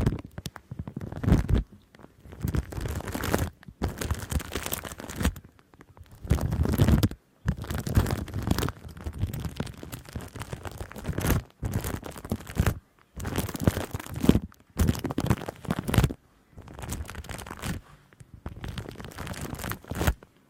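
Intense crinkling and foamy rustling pressed right against the mic, arriving in dense bursts of a second or two. Each burst is full and crackly from deep rumble up to bright hiss, separated by brief clean silences, with loudness rising and falling throughout.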